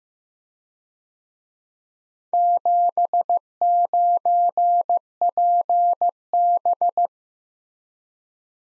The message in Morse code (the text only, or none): 79PB